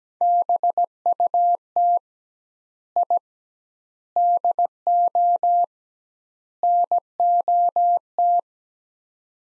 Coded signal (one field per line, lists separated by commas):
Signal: Morse code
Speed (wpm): 17 wpm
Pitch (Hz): 700 Hz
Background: none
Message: BUT I DO NOT